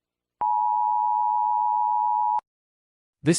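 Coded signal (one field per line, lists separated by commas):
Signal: Emergency Alert System (SAME) tones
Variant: 853 and 960 Hz attention tone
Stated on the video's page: Fictional EAS scenario in Spanish, not a real alert.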